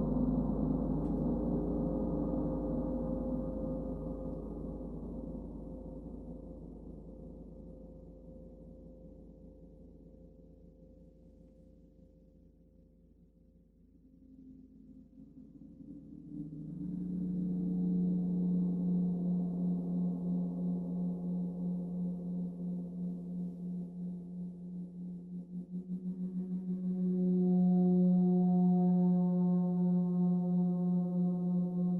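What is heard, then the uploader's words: A gong bath of deep, sustained gong tones that fade slowly, then swell again near 16 seconds and grow louder around 27 seconds. Gong bath for yoga meditation.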